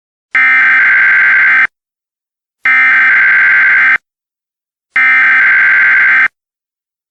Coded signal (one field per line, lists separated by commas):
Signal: Emergency Alert System (SAME) tones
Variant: header bursts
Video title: EAS Scenario: The Engineer